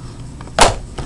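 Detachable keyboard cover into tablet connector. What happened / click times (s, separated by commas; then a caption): The keyboard cover is being handled against the tablet edge and has not yet seated / none. A detachable magnetic type cover keyboard is handled against the connector edge of a Microsoft Surface Pro tablet, making a few light contact sounds near 0.4 s, a louder broad rustling burst around 0.6 s and another short contact near 1.0 s. Nothing has seated or clicked yet.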